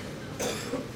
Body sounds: coughing mixed with background sound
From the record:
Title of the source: Spring Cold Coughing 3

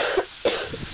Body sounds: coughing mixed with background sound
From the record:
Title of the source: 55 gaggy wet cough

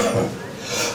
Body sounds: coughing mixed with background sound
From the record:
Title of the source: Cough Around the Clock!

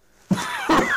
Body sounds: coughing mixed with background sound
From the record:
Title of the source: Heavy cold and sore throat coughing.

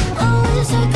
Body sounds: coughing mixed with background sound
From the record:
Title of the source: Female coughing - Sound effects

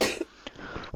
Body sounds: coughing mixed with background sound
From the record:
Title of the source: 61 morning phlegmy cough...again

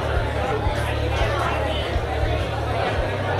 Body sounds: background sound without coughing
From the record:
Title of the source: CITY SOUNDS Busy Bar in the Evening Night - 2 HOURS of Ambiance for Relaxation

